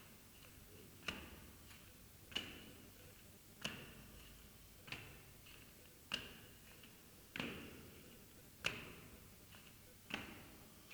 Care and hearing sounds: daily activity, guitar pickup as the sensor; go upstairs

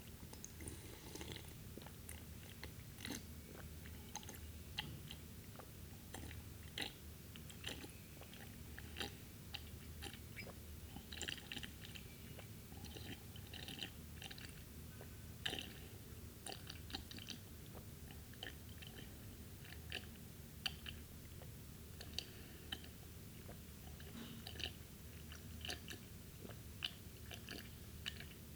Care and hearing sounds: daily activity, guitar pickup as the sensor; drink water

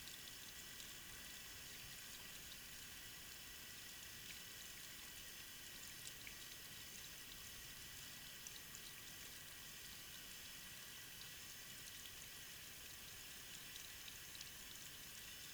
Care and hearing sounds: daily activity, guitar pickup as the sensor; wash hands

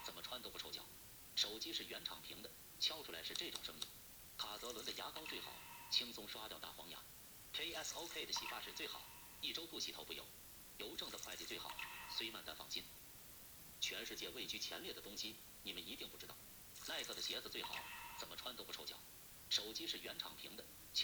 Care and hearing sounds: daily activity, guitar pickup as the sensor; browse video

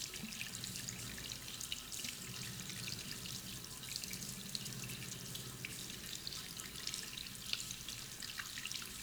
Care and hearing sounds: daily activity, guitar pickup as the sensor; wash hands

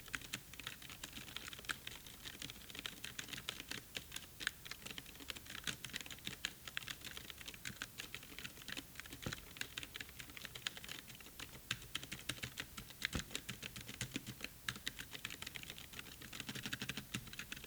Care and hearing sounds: daily activity, guitar pickup as the sensor; type

